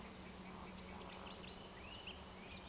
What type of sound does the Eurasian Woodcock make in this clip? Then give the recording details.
whistle, croak. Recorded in Baden-Württemberg, Germany, on 12 June 2020 at 20:01 UTC. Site 43791, 788 m above sea level